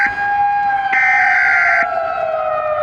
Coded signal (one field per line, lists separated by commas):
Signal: Emergency Alert System (SAME) tones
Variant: header bursts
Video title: World War III: An EAS Scenario